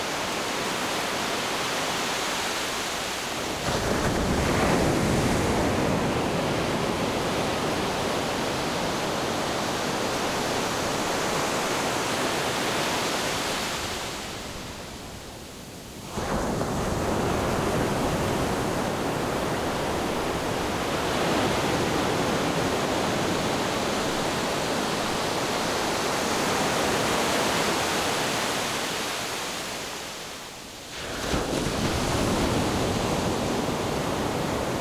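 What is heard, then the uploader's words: Ocean waves wash onto the shore in a dense, steady roar of surf that fills everything from low rumble to bright hiss. The sound swells and holds for long stretches, easing into brief lulls around 3, 15 and 30 seconds before each new wave surges back. The raw sounds of the ocean waves coming onto the shore.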